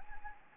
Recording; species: mosquito wingbeat signal from an infrared sensor; Anopheles gambiae